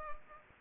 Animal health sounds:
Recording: mosquito wingbeat signal from an infrared sensor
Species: Culex pipiens

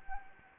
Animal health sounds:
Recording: mosquito wingbeat signal from an infrared sensor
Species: Anopheles gambiae

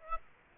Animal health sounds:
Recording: mosquito wingbeat signal from an infrared sensor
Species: Aedes aegypti

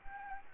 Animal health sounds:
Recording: mosquito wingbeat signal from an infrared sensor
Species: Anopheles gambiae

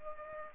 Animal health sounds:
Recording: mosquito wingbeat signal from an infrared sensor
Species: Culex pipiens

